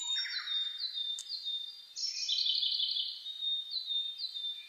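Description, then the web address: Birds in a dawn chorus: overlapping high chirps and twittering phrases, with a steady thin whistle running underneath and a brighter burst of song in the middle. Dawn chorus (reimei) of birdsong (saezuri), recorded 10 May 2010. "sounds data 2010 reimei DH-D 50-saezuri-20100510-0401"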